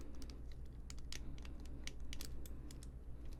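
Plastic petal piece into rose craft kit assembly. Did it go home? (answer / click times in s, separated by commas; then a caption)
no / none. A plastic petal piece is pressed into place on a rose craft kit assembly, producing a string of light, sharp ticks and taps over a low steady hum, with the strongest transients around 1.1, 1.9, 2.1 and 2.2 seconds. The piece has not clicked into place yet, and it is not confirmed to be secure.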